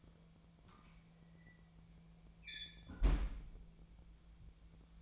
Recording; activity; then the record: daily activity, microphone in the room; close fridge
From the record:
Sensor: 1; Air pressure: 1009.7 hPa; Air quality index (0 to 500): 192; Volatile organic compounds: 18 ppm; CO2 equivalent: 2632 ppm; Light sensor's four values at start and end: 32/83/35/42 and 32/83/35/42